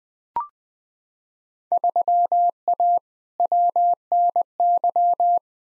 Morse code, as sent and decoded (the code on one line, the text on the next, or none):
...-- .- / .-- -. -.--
3A WNY